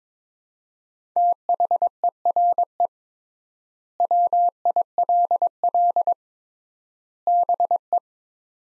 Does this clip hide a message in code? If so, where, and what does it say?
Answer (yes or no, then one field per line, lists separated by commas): yes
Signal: Morse code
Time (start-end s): 1.2-8.0 s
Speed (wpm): 22 wpm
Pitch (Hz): 700 Hz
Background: none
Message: THERE WILL BE